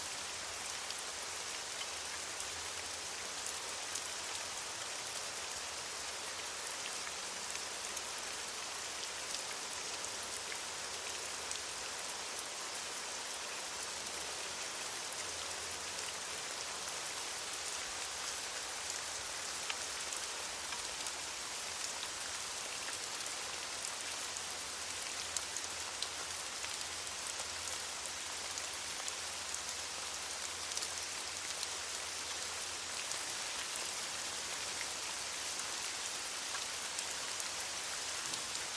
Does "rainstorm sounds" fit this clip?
yes